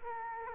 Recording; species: mosquito wingbeat signal from an infrared sensor; Culex quinquefasciatus